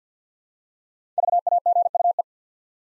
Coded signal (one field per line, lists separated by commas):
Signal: Morse code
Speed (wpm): 50 wpm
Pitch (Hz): 700 Hz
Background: none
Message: VAGUE